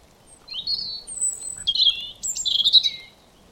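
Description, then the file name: European robin delivering a short, varied phrase of high sliding whistles and a shimmering trill. "Erithacus rubecula"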